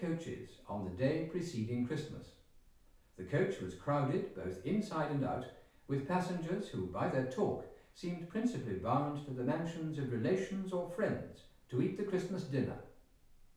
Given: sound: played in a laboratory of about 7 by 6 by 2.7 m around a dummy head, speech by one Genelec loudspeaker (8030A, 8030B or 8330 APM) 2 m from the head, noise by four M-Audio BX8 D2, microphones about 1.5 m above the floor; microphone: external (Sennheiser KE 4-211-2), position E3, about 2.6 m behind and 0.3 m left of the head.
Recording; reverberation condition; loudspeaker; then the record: male speech in English; medium; 90 degrees to the right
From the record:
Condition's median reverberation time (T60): about 510 ms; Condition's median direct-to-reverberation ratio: about -0.5 dB